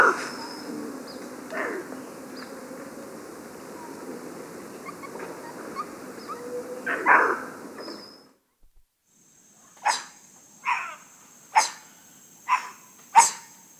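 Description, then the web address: White-throated capuchin calls: a murky noisy stretch with faint calls, then after a pause five crisp barks about a second apart, with a steady high hum. Primate of the South American rainforest. "Natures Songs S America Primates of the Rainforest White-throated capuchin monkey"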